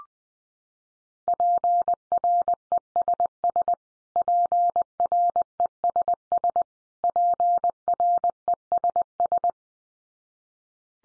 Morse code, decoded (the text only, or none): PRESS PRESS PRESS